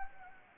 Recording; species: mosquito wingbeat signal from an infrared sensor; Anopheles gambiae